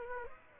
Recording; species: mosquito wingbeat signal from an infrared sensor; Aedes aegypti